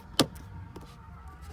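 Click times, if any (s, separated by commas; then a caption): 0.2 s. The shift boot and its plastic trim frame on a 2007 Honda Civic Si are pushed back into the center console opening. A sharp, loud click at 0.2 s is followed by two faint ticks near 0.4 s and 0.8 s over a low background hum. The trim frame snaps into place and is seated.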